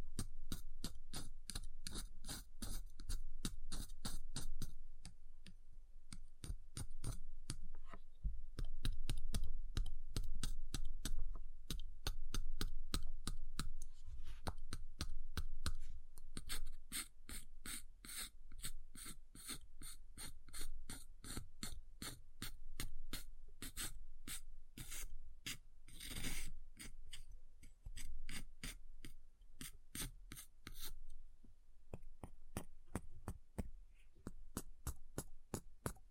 Ice Tapping, Scratching, Carving Sounds